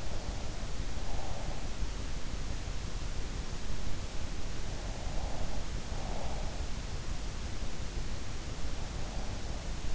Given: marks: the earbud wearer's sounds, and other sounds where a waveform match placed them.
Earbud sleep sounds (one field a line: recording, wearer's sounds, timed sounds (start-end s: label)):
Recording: sounds in sleep by an in-ear microphone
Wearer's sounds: breath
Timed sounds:
0.00-1.47 s: breath
4.70-6.77 s: breath